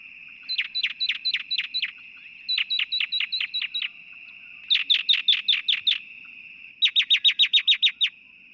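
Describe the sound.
Bird song in four bursts of rapid, repeated downward-sweeping chirps, the later bursts louder and faster, over a steady thin high tone.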